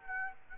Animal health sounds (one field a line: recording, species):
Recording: mosquito wingbeat signal from an infrared sensor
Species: Aedes aegypti